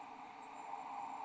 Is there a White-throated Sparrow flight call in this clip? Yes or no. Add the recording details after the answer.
no. No flight call is heard. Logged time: 23:43 on 11 December 2014